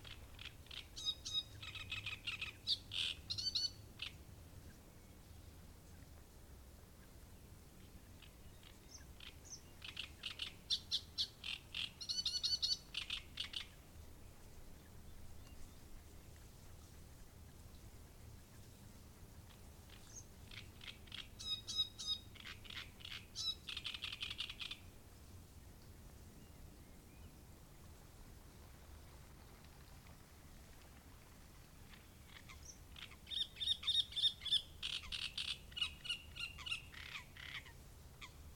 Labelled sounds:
Great Reed Warbler
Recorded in the wild
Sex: male
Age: adult
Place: Müggelsee, Berlin, DE
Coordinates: 52.43, 13.64
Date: 1990-05-04 16:45
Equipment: Uher 4400 Report Monitor, Sennheiser ME 80, K 30 AV
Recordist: Fischer, Stefan

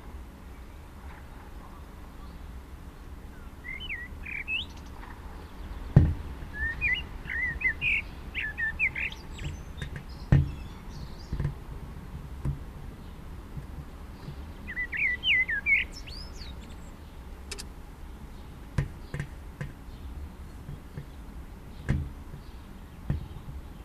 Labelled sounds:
Common Blackbird song
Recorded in the wild
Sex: male
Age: adult
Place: Garmisch-Partenkirchen, Bayern, DE
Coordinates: 47.4931, 11.0636
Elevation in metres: 784
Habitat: mountains
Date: 1968-04-20
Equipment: Nagra
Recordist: Tretzel, Erwin

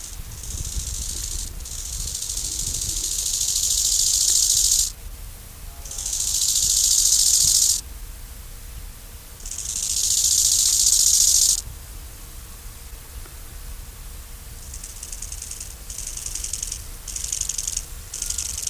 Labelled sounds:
Bow-winged Grasshopper stridulation
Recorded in the wild
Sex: male
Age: imago
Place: Dahmsdorf, Märkische Schweiz, Brandenburg, DE
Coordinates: 52.5167, 14.0833
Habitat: Waldwiese
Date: 1999-09-16 12:50
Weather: schwach sonnig, 19,6°C, diesig
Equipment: Sony WM-D6C, Sennheiser ME 80, Kopie Uher 4000 Report Monitor
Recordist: Tembrock, Günter

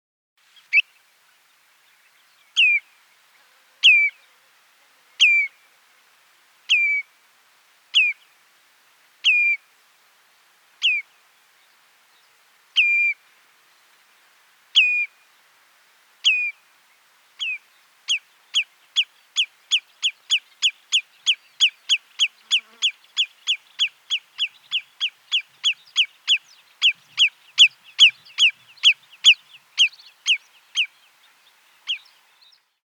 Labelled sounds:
Common Redshank
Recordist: Tembrock, Günter
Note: Territorialrufe

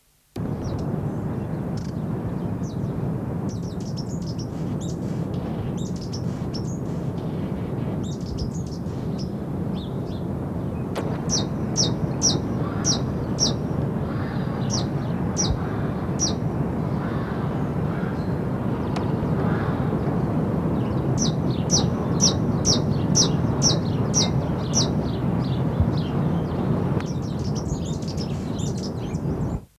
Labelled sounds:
Amazilia Hummingbird call
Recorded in captivity
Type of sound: call
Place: Zoo Köln, Nordrhein-Westfalen, DE
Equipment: Halbspur, 9,5 cm/s
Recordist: Lütgens, Hans
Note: Rufe

